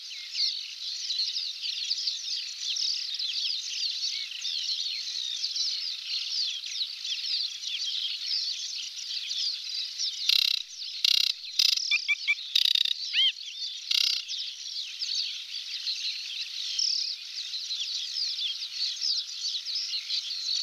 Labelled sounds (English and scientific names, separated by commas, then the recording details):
Aquatic Warbler (Acrocephalus paludicola) song
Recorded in the wild
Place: Nagyivan / Hortobagy Nationalpark, HU
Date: 1990-05-15
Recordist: Schwarz, Dieter